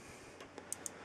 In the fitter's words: microsd ça a fait clic et l'on doit pouvoir servir directement